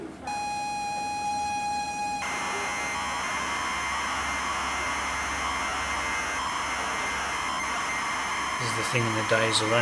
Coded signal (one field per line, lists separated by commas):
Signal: ZX Spectrum tape loading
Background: speech